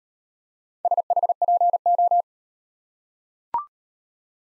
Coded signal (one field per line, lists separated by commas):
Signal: Morse code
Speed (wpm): 38 wpm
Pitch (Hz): 700 Hz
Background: none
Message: SHPO